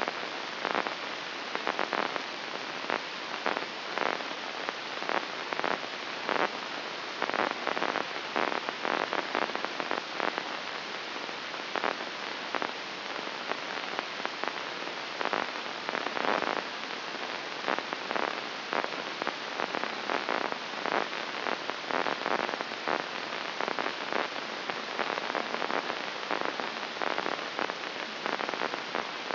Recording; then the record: brain microelectrode recording played as sound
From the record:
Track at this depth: inside the subthalamic nucleus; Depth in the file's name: 3.228 mm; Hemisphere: left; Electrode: 2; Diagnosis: Parkinson's disease